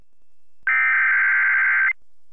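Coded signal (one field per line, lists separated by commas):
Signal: Emergency Alert System (SAME) tones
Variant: header bursts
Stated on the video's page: NOAA Weather Radio tornado warning for Shreveport, Louisiana, shown with WeatherSTAR 4000.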